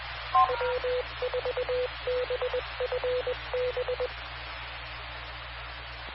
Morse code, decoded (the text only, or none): W4BFB